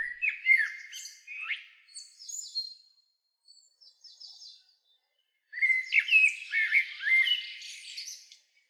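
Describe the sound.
Bird calls, squeaky chirps and short rising whistles in two bursts, a brief quiet faint twittering between them.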